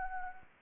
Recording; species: mosquito wingbeat signal from an infrared sensor; Anopheles arabiensis